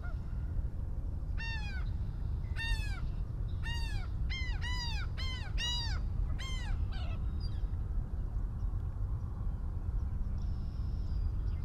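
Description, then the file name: Laughing gull calls: a rapid series of about eight nasal, downslurred laughing notes in the first seven seconds, with a steady low rumble underneath. Recorded in Maryland on 15 April 2012. "Laughing Gull FSP MD"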